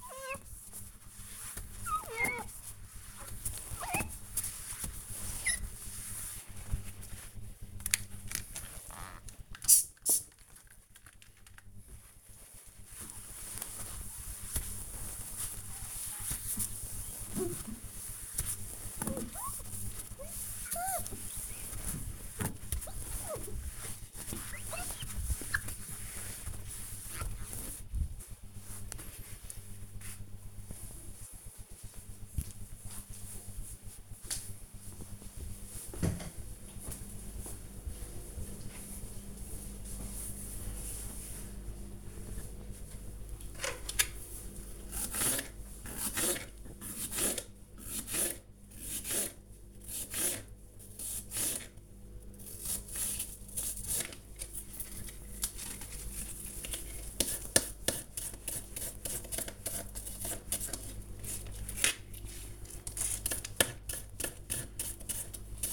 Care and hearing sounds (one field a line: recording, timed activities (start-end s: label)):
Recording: household activities, microphone on the right wrist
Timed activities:
0.00-27.64 s: window cleaning
42.77-65.73 s: cutting vegetables